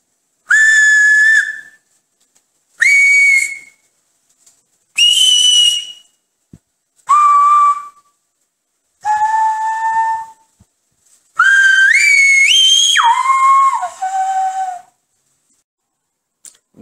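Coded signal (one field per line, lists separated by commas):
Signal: whistled language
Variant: Silbo Gomero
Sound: six clear whistles: five held tones at different pitches, then one stepping through pitches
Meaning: The whistler demonstrates the vowels of Silbo Gomero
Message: las vocales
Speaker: Este gomero silba las vocales.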